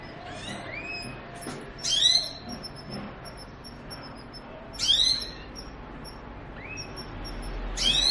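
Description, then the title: Belgian canary calls: loud sweeping bursts recurring about every three seconds, with scattered softer curved chirps. Song used to stimulate canaries to sing and warm up; the Indonesian title describes a mating canary sound. "Canto Para Esquentar Canário Belga. suara kenari kawin"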